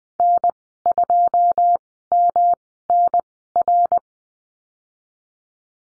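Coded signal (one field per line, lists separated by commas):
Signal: Morse code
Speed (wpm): 20 wpm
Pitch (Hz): 700 Hz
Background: none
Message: N2MNR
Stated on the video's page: Morse code course lesson at Farnsworth speed 20/10 wpm, letter F in call signs.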